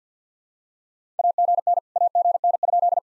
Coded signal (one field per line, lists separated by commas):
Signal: Morse code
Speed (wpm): 50 wpm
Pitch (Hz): 700 Hz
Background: none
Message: AGN AGN?